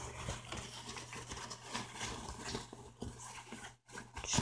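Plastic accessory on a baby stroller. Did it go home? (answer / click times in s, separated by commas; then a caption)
no / none. Someone tries to fit a plastic accessory part onto a Yoya Plus baby stroller, producing several small knocks and handling rattles. Nothing seats or clicks; the part does not lock in place.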